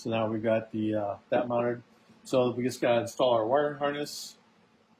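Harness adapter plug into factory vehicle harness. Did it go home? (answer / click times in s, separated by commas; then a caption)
no / none. An aftermarket wiring harness adapter plug is being handled before it is pushed into the factory vehicle harness, and nothing has seated or clicked yet. Someone talks throughout, with a brief hiss near the end.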